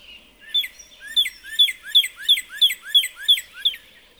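Northern cardinal song: a fast, even series of about nine clear, down-slurred whistled notes, about three a second, over a soft background of other birds.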